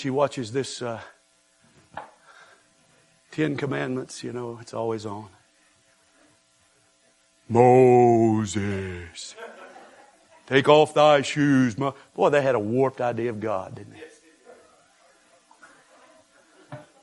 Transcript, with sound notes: She watches this Ten Commandments, you know, it's always on.: [In a strong baritone voice] "Mooooseeeees, take of thy shoes..." Boy, they had a warped idea of God, didn't they?